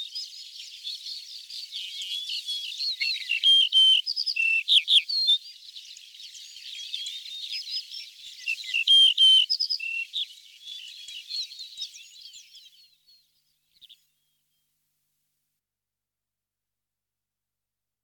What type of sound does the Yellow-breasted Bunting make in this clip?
song